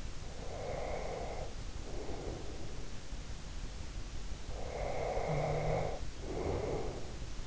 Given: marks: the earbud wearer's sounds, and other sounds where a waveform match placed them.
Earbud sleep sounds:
sounds in sleep by an in-ear microphone; breath
0.36-2.79 s: breath
4.45-7.47 s: breath

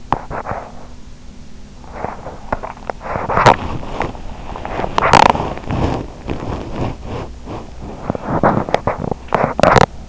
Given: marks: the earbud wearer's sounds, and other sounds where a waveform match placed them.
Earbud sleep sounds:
sounds in sleep by an in-ear microphone; teeth grinding, body movement
0.00-0.96 s: teeth grinding
1.79-10.09 s: body movement
3.02-3.81 s: teeth grinding
4.89-5.56 s: teeth grinding
8.19-10.09 s: teeth grinding

